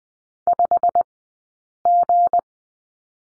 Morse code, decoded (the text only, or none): 5G